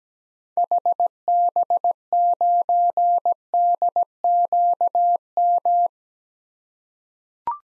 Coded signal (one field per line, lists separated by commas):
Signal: Morse code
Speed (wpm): 17 wpm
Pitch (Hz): 700 Hz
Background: none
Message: HB9DQM